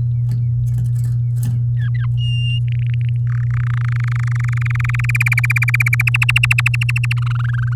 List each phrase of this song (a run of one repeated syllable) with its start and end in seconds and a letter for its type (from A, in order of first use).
1.76-2.06 A, 2.17-2.59 B, 2.68-3.17 C, 3.27-3.41 D, 3.43-3.44 E, 3.46-5.06 F, 5.09-6.02 G, 6.07-7.13 H, 7.17-7.74 I